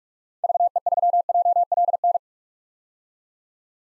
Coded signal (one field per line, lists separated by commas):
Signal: Morse code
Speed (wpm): 46 wpm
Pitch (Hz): 700 Hz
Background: none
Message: VE3JLN